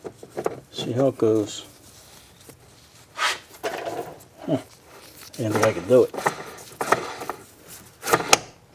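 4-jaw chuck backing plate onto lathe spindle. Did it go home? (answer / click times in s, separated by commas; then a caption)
yes / 8.3 s. A 4-jaw chuck assembly on its metal backing plate, with about an eighth of an inch machined off the plate's shoulder, is fitted onto a lathe spindle while someone talks. Several small knocks and scrapes are heard, then a sharp, loud hit at 8.3 s as the backing plate snaps into place and seats on the spindle.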